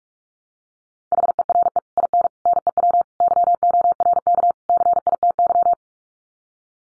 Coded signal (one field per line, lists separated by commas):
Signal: Morse code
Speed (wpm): 44 wpm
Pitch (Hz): 700 Hz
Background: none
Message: HERE IN NEW YORK CITY